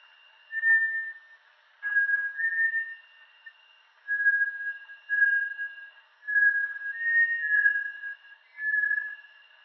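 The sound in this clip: Bartlett's tinamou giving pure whistled notes of about a second each, slightly changing in pitch, repeated in an irregular series, with a steady higher-pitched whistling tone persisting in the background.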